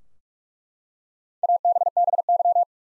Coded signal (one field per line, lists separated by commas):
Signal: Morse code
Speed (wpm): 41 wpm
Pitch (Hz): 700 Hz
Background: none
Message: ABBY